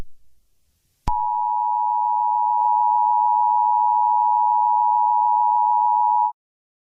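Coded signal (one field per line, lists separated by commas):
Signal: Emergency Alert System (SAME) tones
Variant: 853 and 960 Hz attention tone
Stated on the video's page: Fictional alert tape.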